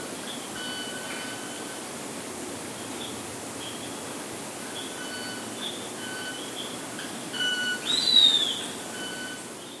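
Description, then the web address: Bicolored hawk call: one short, high arched squeal near the end, rising then falling, against a constant drone of insects and faint tones. Recorded in Ecuador. "Natures Songs S America Birds of Ecuador. Bicolored Hawk"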